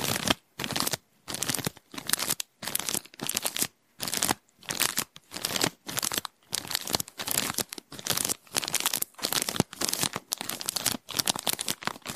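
Someone rummages through a handbag and its contents, producing bursts of crinkling and rustling that start and stop every half second or so.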